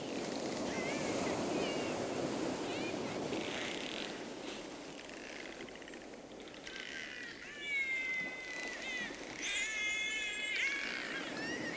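Dolphins whistling: tonal sweeps with harmonics, some overlapping, with bursts of clicks over a steady rushing underwater noise.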